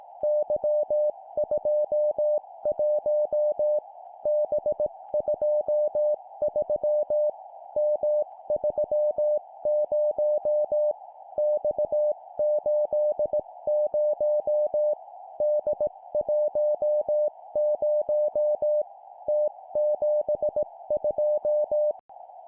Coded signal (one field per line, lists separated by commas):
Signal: Morse code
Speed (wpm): 18 wpm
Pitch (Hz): 600 Hz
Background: music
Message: Y21 B23 M30 X80 D10 T72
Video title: 17wpm Three letter words letter,number,number, cw morse code